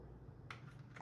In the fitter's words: So just like that, push in at about a 45-degree angle, push down until you hear the click,